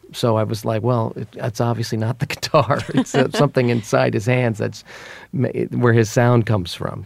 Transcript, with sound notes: So I was like, well, that's obviously not the guitar.
(LAUGHTER)
It's something inside his hands that's where his sound comes from.